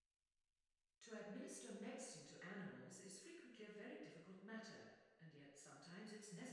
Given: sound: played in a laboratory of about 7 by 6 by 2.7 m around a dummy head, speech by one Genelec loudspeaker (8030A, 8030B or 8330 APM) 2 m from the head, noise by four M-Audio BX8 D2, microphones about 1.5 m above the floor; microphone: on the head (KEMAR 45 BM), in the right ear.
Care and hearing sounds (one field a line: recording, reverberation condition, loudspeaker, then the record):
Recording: female speech in English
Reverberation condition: high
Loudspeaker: 150 degrees to the left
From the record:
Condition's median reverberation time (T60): about 1300 ms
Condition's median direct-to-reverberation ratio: about -4.0 dB